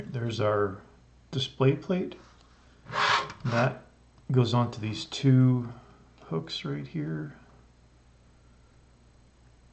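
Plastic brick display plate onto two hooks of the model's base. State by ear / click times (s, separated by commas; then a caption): not seated / none. A plastic brick display plate is handled near the two hooks on a model's base it is meant to press onto, while someone talks. No clear click is heard, and nothing has seated or clicked yet.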